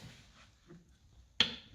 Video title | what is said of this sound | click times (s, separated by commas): Kreg Concealed Hinge Jig - Unboxing - Non Scripted Review and Demo - Is It Worth Buying ?? EP#50 | we go nice sound of a click it clicks perfectly into position so you know it's exactly right | 1.4 s